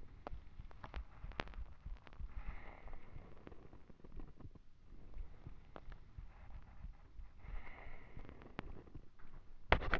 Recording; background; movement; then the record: deep breathing; quiet; sitting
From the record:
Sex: male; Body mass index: 21.0 kg/m2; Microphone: on the chest, facing the body